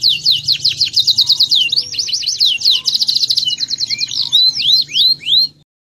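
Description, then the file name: Canary song: rapid downward-swept whistled notes in fast series, dense trilled rolls, then slower rising slurred notes before stopping near the end. Standard-style canary chirping song (kicauan kenari standar). "suara kicauan kenari standar. omkicau"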